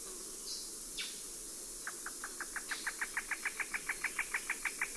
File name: Trogon melanocephalus